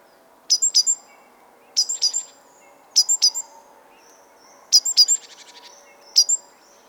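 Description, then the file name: Great tit calls: quick clusters of sharp high notes, one cluster trailing into a soft buzzy rattle. "Parus major"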